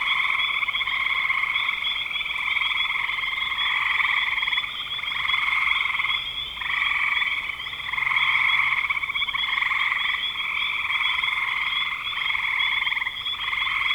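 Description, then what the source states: Frogs call in a thick chorus of buzzy trills that rise and fall in loudness. Recorded in spring 2025.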